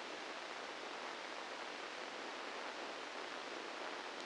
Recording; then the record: brain microelectrode recording played as sound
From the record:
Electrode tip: inside the subthalamic nucleus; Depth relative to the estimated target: -1 mm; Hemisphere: left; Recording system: NeuroSet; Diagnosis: Parkinson's disease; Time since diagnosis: 9 years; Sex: female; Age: 51 years